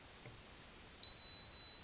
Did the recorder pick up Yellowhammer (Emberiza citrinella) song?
no